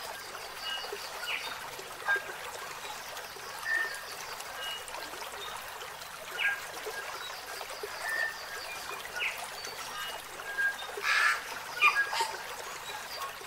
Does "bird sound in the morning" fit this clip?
yes